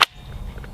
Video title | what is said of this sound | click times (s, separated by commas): Beretta ARX-100 Review, disassembly and magazine compatibility | remember to rotate your safety up so you can push that plate in locks | 0.0 s